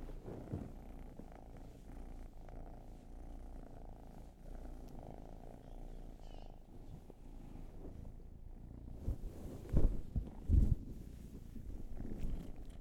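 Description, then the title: Cat purr, a soft, low continuous rumble with gentle rises and falls, broken near the end by a few sharp bumps and thuds. Long purring session. "Field Recs Purrathon RAW"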